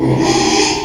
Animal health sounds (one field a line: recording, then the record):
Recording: squeal of a Yucatan mini pig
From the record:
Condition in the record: after surgery on the right vocal fold (resection and tissue-engineered implant)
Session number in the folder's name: 2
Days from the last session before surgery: 13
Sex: male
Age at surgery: 12 weeks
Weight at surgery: 13 kg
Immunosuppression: cyclosporine, prednisolone